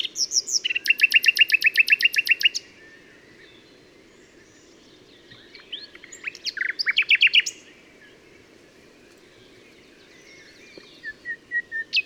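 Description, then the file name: Common nightingale song: a long burst of rapid repeated notes, a pause, a second varied phrase, then more notes near the end. "Luscinia megarhynchos"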